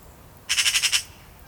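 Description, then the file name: Eurasian magpie giving a short harsh rattling chatter, about six rapid dry pulses in half a second, over quiet background. "Pica pica"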